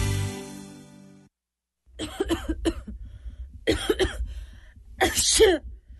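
human body sound, coughing and throat clearing

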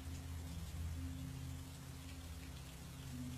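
nature, heavy rain falling

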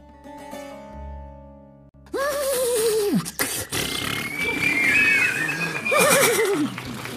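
animal, horse neighing

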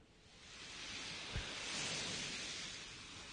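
nature, ocean waves

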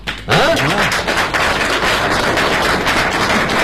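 crowd, audience applause

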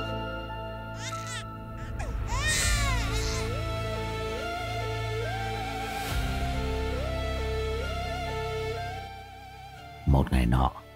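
sound effect, baby crying sound effect

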